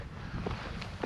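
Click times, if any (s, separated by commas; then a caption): 0.8 s. A folding aluminium trekking pole section is pulled out until its spring-loaded metal button lock clicks into its locking hole at 0.8 s, over steady low wind-like noise. The lock seats and the pole is assembled.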